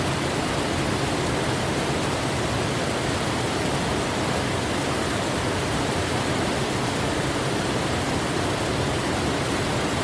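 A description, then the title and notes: A waterfall roars without pause, a dense, even wash of falling water that fills every range from deep rumble to bright hiss. The sound holds at one loud, unchanging level for the whole stretch, enveloping, with no other sounds breaking through. White Noise For Sleeping Waterfall Sounds.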